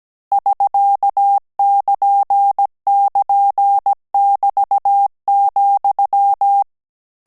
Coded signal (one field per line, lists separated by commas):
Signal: Morse code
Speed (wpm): 17 wpm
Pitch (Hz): 800 Hz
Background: none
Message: <SK><KN><KN><BT>,